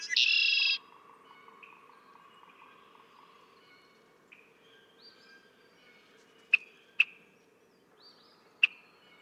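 Red-winged blackbird singing: it opens with a loud rasping buzzy trill, then faint upslurred notes and three sharp, clipped check calls near the end.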